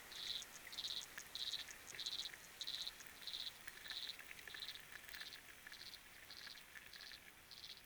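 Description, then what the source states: A frog repeats short grating buzzes in a steady series, loud at first then fading, with faint ticking and patter underneath. Recorded underwater with a hydrophone; rain and wind also audible.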